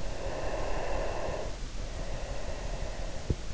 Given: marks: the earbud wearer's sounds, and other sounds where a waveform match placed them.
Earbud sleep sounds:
sounds in sleep by an in-ear microphone; breath
0.00-3.38 s: breath

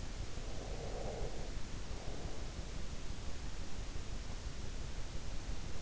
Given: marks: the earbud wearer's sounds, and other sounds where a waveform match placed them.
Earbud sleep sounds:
sounds in sleep by an in-ear microphone; breath
0.47-2.70 s: breath

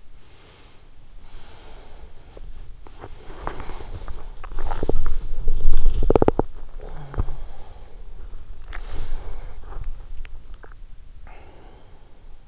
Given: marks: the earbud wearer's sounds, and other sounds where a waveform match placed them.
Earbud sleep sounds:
sounds in sleep by an in-ear microphone; breath, body movement, teeth grinding, swallowing, talking in sleep
0.19-2.45 s: breath
2.45-12.33 s: body movement
3.21-6.75 s: teeth grinding
4.16-5.36 s: swallowing
6.75-8.54 s: talking in sleep
8.54-12.48 s: breath
10.25-11.37 s: swallowing

